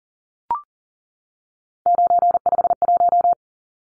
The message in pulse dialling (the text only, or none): none